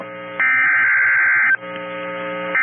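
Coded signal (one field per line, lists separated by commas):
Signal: Emergency Alert System (SAME) tones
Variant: header bursts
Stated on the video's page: Severe thunderstorm warning received from a NOAA weather radio transmitter.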